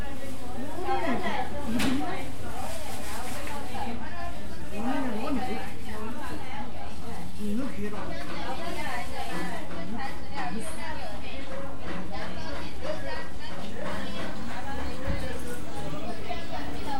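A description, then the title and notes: Caiyi Street, full of overlapping voices and steady chatter over a constant low rumble, with occasional brief clacks and sharper sounds throughout. Caiyi Street is a very unique old street in the Yanzhou old district.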